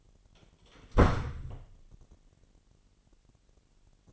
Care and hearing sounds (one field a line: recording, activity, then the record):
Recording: daily activity, microphone in the room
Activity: close door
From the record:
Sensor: 4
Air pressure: 999.2 hPa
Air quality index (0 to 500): 115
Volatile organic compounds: 2 ppm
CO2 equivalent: 1136 ppm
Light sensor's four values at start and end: 13/31/12/13 and 13/31/12/13